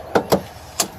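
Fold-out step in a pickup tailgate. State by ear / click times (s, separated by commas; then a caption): not seated / none. The fold-out step in the tailgate of a 2017 Ford F-350 Platinum Dually pickup is handled, giving three short, sharp knocks at about 0.2, 0.3 and 0.8 seconds over a low, steady background. The step has not yet popped into place; nothing has seated or clicked yet.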